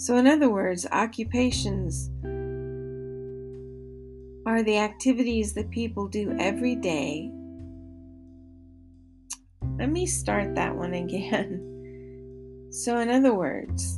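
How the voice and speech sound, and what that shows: An adult woman with a traumatic brain injury reads slowly over soft background music. Her speech is halted: she stretches word endings for over a second, pauses for more than a second between phrases and restarts a sentence. This effortful delivery fits an acquired speech impairment after traumatic brain injury.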